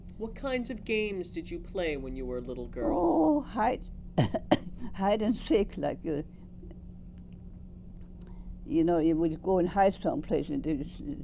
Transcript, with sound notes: What kinds of games did you play when you were a little girl?
Oh, Hide, (coughs) Hide and Seek, like, uh, you know, you would go and hide someplace and then,